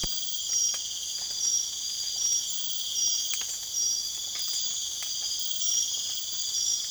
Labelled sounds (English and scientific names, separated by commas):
none